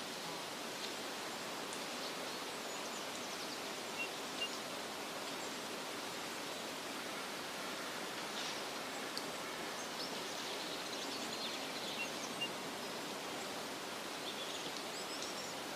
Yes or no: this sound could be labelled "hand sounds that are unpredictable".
no